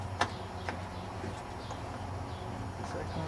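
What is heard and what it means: During a headlight housing replacement on a 2003 Subaru Outback, the second small light bulb socket is pushed into the headlight housing and snaps in with a sharp click at 0.2 s. A fainter click follows at 0.7 s over a steady low hum. The socket is seated.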